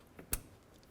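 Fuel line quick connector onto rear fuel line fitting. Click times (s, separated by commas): 0.3 s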